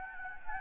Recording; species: mosquito wingbeat signal from an infrared sensor; Anopheles gambiae